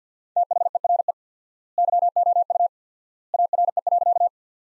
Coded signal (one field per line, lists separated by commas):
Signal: Morse code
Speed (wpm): 50 wpm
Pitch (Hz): 700 Hz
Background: none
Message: THERE YOU ARE.